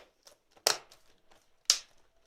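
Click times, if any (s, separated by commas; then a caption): 0.7 s, 1.7 s. A laptop keyboard is pressed down onto the plastic chassis of a Packard Bell EasyNote TJ65, with faint small ticks and rustles between two loud, sharp clicks at 0.7 s and 1.7 s as its clips snap in. The keyboard is seated and confirmed clipped in all the way around.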